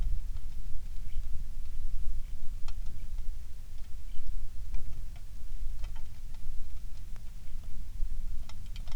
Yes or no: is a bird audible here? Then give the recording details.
yes. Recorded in the Prudhoe Bay oil fields, Alaska, on 27 July 2019 at 18:25. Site 19